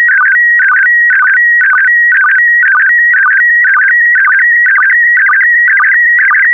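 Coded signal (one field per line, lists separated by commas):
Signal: SSTV (slow-scan television)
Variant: PD120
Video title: (08 of 12) Expedition 64 - ARISS Series 17 Twenty Years December 2020 - Retransmission SSTV PD120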